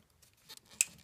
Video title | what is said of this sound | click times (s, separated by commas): 2011 - 2016 Toyota Sienna DIY Replace Spark Plugs, Coils, Intake Manifold Gasket V6 3.5L (2GR-FE) | just going to plug it in until it snaps | 0.8 s